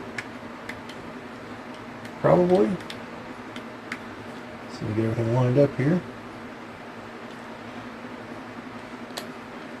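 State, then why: Partly seated. A plastic LEGO Botanicals Happy Plants 10349 plant assembly is lined up and pushed into a slot in the top of the model while someone talks, with faint ticks of plastic handling in between. A short, sharp click at 9.2 s marks the part only half-seating, kind of clicking into place but not quite.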